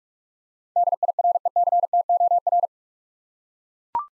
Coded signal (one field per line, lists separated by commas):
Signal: Morse code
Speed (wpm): 41 wpm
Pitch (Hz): 700 Hz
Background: none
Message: DIRECTOR